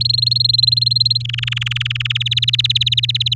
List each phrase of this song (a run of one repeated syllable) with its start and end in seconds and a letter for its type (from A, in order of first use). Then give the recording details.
0.00-1.22 A, 1.24-2.17 B, 2.20-3.34 C. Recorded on 8 May 2018 at 18:03. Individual llb16